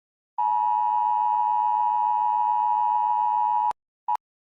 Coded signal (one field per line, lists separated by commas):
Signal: Emergency Alert System (SAME) tones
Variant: 853 and 960 Hz attention tone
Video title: [EAS Scenario] If the Locust Horde was Real (Part 6)